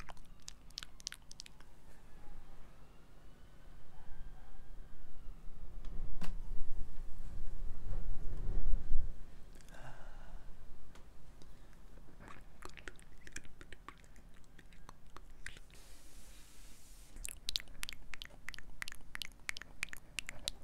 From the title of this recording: ASMR Inaudible Whispers & Mouth Sounds